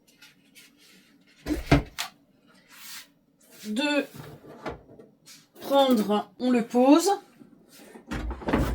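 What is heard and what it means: The mug heating accessory of an xTool WonderPress heat press is set down on the heat press base and lined up with the arrow marking, ready to be pushed home. Someone talks while short handling knocks are heard around 1.7 s, 2.0 s, 4.7 s and 8.3 s. Nothing has seated or clicked yet.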